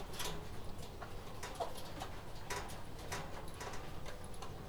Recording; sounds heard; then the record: poultry house recording; healthy chickens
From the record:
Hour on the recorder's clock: 20